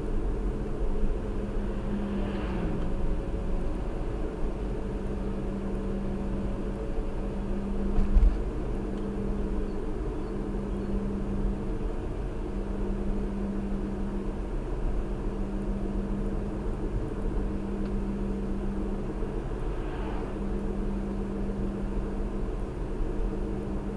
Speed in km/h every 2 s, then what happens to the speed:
53, 53, 52, 53, 55, 55, 55, 53, 53, 53, 53, 53.
0-24 steady at about 53.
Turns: none.